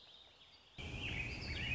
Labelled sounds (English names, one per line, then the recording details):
Warbling Vireo
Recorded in Sonoma County, California